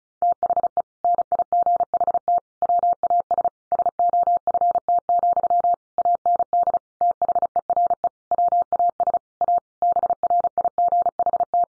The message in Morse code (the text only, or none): THE NIGHT WAS SOFT, AND THERE WAS A BRIGHT